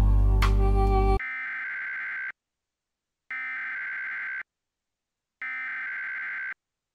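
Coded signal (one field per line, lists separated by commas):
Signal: Emergency Alert System (SAME) tones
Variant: header bursts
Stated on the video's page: Simulated EAS scenario for a thunderstorm, with a siren pack.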